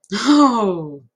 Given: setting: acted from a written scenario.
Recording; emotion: vocal sound without words; desire